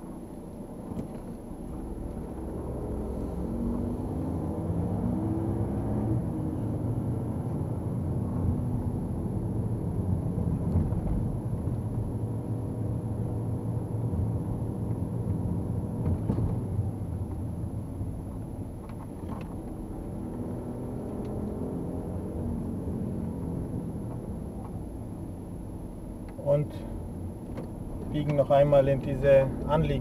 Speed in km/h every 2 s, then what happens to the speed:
6, 18, 27, 30, 27, 26, 25, 17, 12, 10, 16, 12, 10, 8, 13.
0-5 speeds up to 30. 5-13 steady at about 26. 13-17 brakes to 10. 20-25 slows to 8.